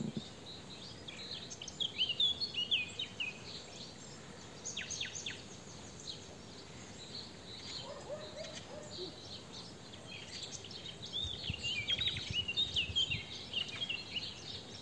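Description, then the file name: Eurasian blackcap giving scratchy, rapid high notes in short bursts around two and twelve seconds, with faint lower bird notes in between and constant hiss. "Sylvia atricapilla"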